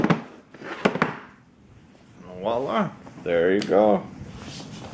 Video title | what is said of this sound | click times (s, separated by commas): graco turbobooster Booster seat for kids - assembly | show the viewers bend it backwards like that and it pops right in voila there | 1.0 s